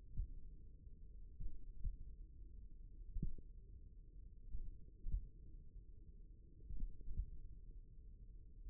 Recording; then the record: forearm muscle sounds (acoustic myography)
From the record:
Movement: finger pinch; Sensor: system 1, eight BSWA MPA416 microphones around the upper forearm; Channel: 2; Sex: male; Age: 54 years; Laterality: right